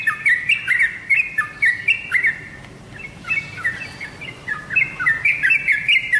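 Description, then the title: Oriental magpie-robin song: bright whistled phrases with sharp upward flicks, pausing briefly in the middle before resuming at a quick pace. "Kicau Kacer"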